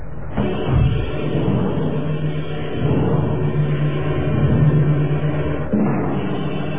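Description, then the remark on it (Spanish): A car engine revs and pulls away after Calimán is loaded into the car, a steady loud rumble whose low hum rises and falls in pitch for several seconds, with no voices over it. “¡Súbanlo al auto! ¡Súbanlo!”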